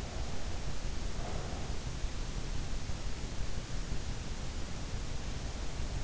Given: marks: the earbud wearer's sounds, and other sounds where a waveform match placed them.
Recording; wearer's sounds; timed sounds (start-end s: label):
sounds in sleep by an in-ear microphone; breath
1.05-2.07 s: breath